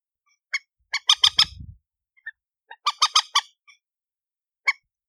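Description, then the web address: Chicken squawking calls: harsh, harmonic notes given singly and in two quick runs of four, with a low rumble under the first run. "aswat Dajaj Alma"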